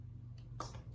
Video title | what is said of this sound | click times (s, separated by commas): Pilot Metropolitan: Full review | I don't like screw-on caps, but it's still a solid click. | 0.6 s